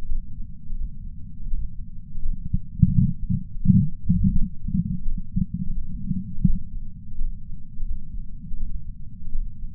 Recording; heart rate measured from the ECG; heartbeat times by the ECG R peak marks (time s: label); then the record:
heart sounds by patch sensor on the chest; 84 bpm
0.07 s: heartbeat
0.76 s: heartbeat
1.48 s: heartbeat
2.20 s: heartbeat
2.90 s: heartbeat
3.61 s: heartbeat
4.33 s: heartbeat
5.03 s: heartbeat
5.73 s: heartbeat
6.44 s: heartbeat
7.16 s: heartbeat
7.86 s: heartbeat
8.57 s: heartbeat
9.30 s: heartbeat
From the record:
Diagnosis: coronary artery disease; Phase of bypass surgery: postoperative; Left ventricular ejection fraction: 60.9%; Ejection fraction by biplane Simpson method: 59.5%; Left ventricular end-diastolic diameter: 49 mm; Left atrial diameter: 39 mm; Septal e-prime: 6.3 cm/s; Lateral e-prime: 6.7 cm/s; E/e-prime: 11.5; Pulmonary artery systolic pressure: 33 mmHg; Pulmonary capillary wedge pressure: 2 mmHg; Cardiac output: 6.3 L/min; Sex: male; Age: 71 years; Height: 162 cm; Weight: 75 kg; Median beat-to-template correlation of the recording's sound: 0.79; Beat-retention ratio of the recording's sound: 1.00